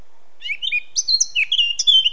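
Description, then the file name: Eurasian blackcap song, a brisk jumble of high twittering and whistled notes delivered in quick succession. "Sylvia atricapilla"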